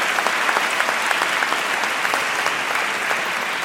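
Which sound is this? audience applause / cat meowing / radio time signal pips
audience applause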